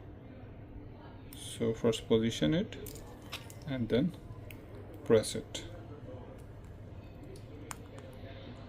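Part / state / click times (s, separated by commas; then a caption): phone battery flex connector into mainboard socket / seated / 7.7 s. Someone talks while a phone battery flex connector for an S23 Ultra is lined up on its mainboard socket and pressed down by finger. A sharp click at 7.7 s confirms that the connector is seated.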